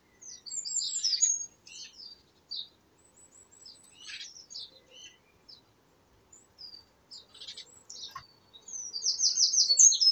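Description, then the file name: Eurasian wren, a brief twittering burst, then scattered thin high notes, before a fresh loud trilled phrase at the end. "Troglodytes troglodytes"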